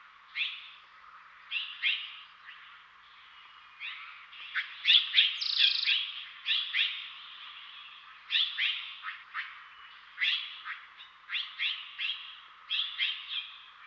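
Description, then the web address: Mexican jay calling: a busy series of sharp notes in irregular bursts, with a louder cluster near the middle. Western North America. "Dan Gibson Wildlife Identification By Sound, Western North America. Mexican Jay"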